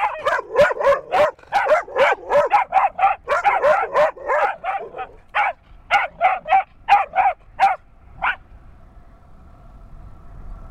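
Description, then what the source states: Rapid yapping dog barks for about eight seconds, slowing and spacing out toward the end, then stopping; quiet follows. Dogs at the top of a steep hill.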